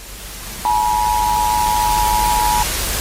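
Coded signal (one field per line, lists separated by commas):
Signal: Emergency Alert System (SAME) tones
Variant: 853 and 960 Hz attention tone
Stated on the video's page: Fictional EAS scenario in an analog horror work.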